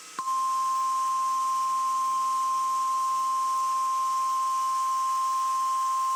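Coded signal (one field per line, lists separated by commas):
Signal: Emergency Alert System (SAME) tones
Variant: 1050 Hz attention tone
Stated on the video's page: Weekly tests received from FM broadcast and NOAA Weather Radio, plus a Shasta required monthly test.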